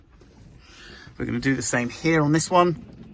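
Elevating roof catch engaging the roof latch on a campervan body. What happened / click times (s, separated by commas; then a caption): The roof catch is handled but has not yet clicked home / none. Someone talks while handling the second roof catch on the other side of the elevating roof on an SCA 192/193-style pop-top campervan body, preparing to pull the handle down so the catch locks into its second stage. Apart from the speech, only a low background hum is heard. The catch has not clicked or seated yet.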